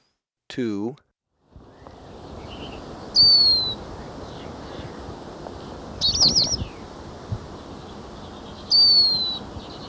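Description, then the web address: Lesser goldfinch calls: thin descending whistles given twice, with a brief twittered burst between them, over a constant hiss. Recorded in Ecuador. "Natures Songs S America Birds of Ecuador. Lesser Goldfinch"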